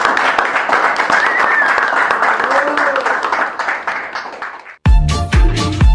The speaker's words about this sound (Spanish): Fuerte aplauso, entonces, vamos.